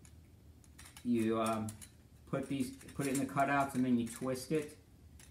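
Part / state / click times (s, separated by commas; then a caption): heat management device lid onto its base / not seated / none. A metal twist-lock lid for a heat management device is set into the cutouts on its base and turned, while someone talks over faint ticking and light metallic handling sounds. The clip ends before the lid goes home, so nothing has seated or clicked yet.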